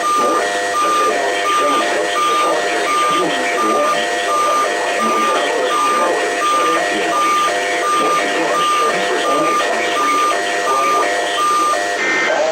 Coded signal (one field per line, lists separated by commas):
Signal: none